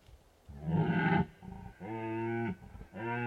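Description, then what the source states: Red deer stag roaring: a rough, loud bellow, a brief grunt, then two steady, deep harmonic roars back to back. Stags rutting in the Carpathian Mountains of Bucovina, Romania.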